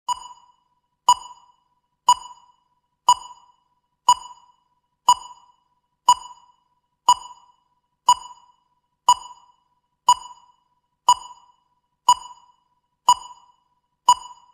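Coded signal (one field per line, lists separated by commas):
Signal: none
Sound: timer's beep every second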